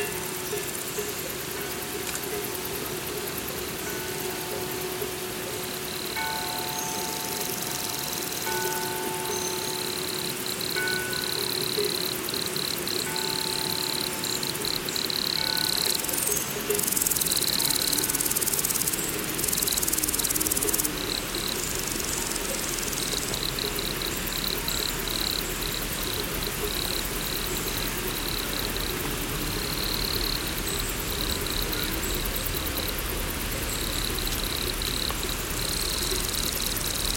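A forest soundscape with a dense, steady bed of insect buzzing and high shrill chirring that swells brighter between about 16 and 21 seconds. Thin whistling tones hover through the first half, and a low rumble, possibly a passing vehicle, runs underneath.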